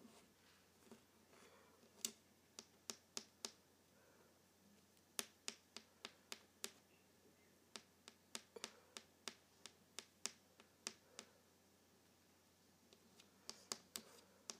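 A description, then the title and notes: A paperclip taps on a table in sharp, bright clicks, coming in irregular bursts with brief pauses, over a faint low hum. ASMR Tapping a Paperclip on my Table.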